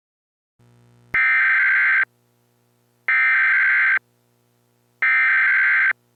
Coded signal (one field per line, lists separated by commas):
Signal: Emergency Alert System (SAME) tones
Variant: header bursts